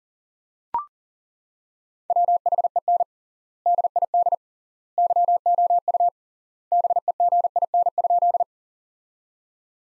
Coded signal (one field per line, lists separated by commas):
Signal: Morse code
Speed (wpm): 40 wpm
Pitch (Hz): 700 Hz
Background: none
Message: WHEN DID YOU BEGIN?